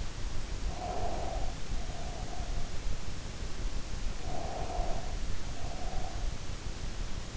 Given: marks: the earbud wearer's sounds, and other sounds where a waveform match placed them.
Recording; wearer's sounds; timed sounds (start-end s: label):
sounds in sleep by an in-ear microphone; breath
0.62-2.70 s: breath
4.26-6.24 s: breath